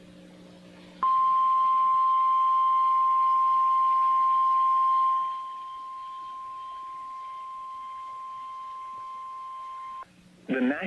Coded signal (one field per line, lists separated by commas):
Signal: Emergency Alert System (SAME) tones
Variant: 1050 Hz attention tone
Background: speech